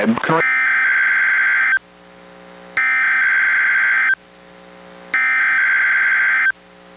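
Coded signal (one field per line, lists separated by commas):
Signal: Emergency Alert System (SAME) tones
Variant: header bursts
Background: speech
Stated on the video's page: NOAA Weather Radio Required Weekly Test from the NWS, relayed by a weather radio station and recorded from a weather radio through an audio recorder.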